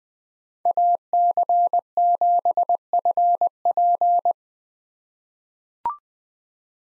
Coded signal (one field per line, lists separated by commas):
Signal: Morse code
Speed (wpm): 20 wpm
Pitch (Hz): 700 Hz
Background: none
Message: AC7FP